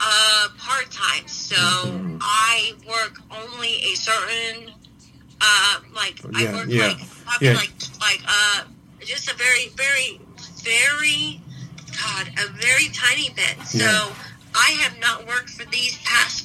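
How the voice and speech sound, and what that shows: Adult woman with aphasia and a traumatic brain injury, speaking while ill with COVID-19. Speech is broken by pauses, fillers and repeated words as she searches for words, with restarts and a trailing, incomplete phrase.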